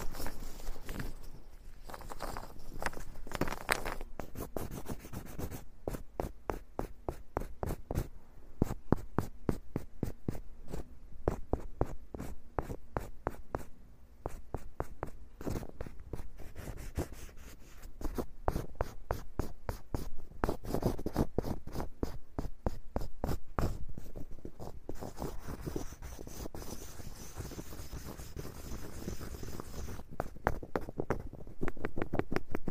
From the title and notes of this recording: This episode is Wood Scraping.